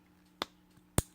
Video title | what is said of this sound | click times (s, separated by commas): VooDoo Vapes - Zoinks | there that little click and then this pops off and it does have a thin nozzle tip | 0.4 s, 1.0 s